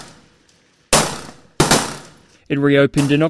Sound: sounds at the firing range